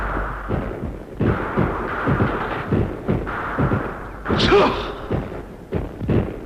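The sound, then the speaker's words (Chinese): Enemy artillery shells explode on an empty battlefield position in a rapid series of heavy, booming thuds, with a brighter, louder blast midway and rumbling noise filling the gaps between impacts. “队伍刚刚撤走，敌人的炮弹便在空阵地上爆炸了。”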